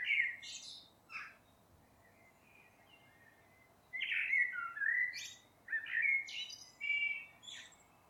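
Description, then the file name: Common blackbird song made of scattered high scratchy notes, then a run of clear fluted whistles interspersed with sharp squeaky chips. "Turdus merula"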